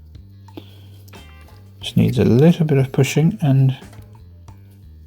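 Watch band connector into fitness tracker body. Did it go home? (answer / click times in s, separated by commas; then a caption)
yes / 4.5 s. A Bandletic 2.0 replacement watch band's connector is pushed onto a fitness tracker body over soft background music while someone talks. A small click at 4.5 s marks the band locking into place on the tracker.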